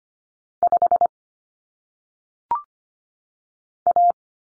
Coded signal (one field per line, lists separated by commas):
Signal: Morse code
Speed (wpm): 25 wpm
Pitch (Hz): 700 Hz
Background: none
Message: 5 A